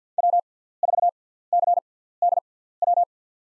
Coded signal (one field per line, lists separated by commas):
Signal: Morse code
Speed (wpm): 50 wpm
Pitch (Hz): 700 Hz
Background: none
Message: W4CDW